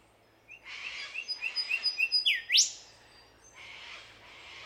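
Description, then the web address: Bird producing a brisk series of short whistled notes followed by a loud sweeping whip note; a broad rushing noise sounds under the notes and again afterwards. Unidentified Australian bird. "Sound Effects-Foundation 1 BIRD AUSTRALIAN UNKNOWN SEQUENCE 02"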